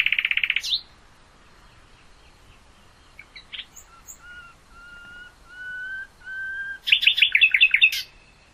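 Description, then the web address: Common nightingale singing: a buzzy burst, then a series of slow, pure whistled notes rising in volume, ending in a quick rattling flourish. "hoeren nachtigall"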